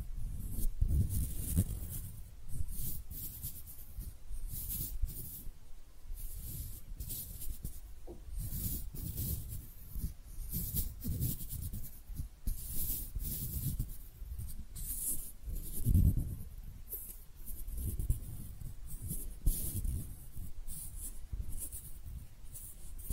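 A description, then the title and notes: Hands rub and brush together in soft, irregular strokes, with crisp high swishes and low thumps recurring every second or two throughout. ASMR Relaxing Hand Sounds (No Talking).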